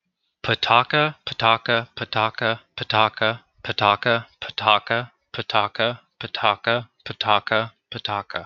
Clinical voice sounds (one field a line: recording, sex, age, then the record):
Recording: repeated syllables /pa ta ka/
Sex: male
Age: 20 to 29 years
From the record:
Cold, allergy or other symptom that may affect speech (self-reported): no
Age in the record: 24 years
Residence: West Virginia, United States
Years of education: 16